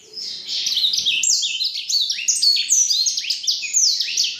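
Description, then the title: Black-throated canary song, a fast continuous warble of sweet whistled notes and sliding trills, high-pitched and unbroken throughout. Exceptional black-throated canary from Jombang. "Burung blackthroat Istimewa dari Jombang"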